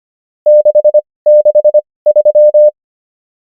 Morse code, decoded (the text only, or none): 663